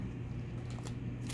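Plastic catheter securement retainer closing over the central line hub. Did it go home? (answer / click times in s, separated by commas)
yes / 0.9 s, 1.3 s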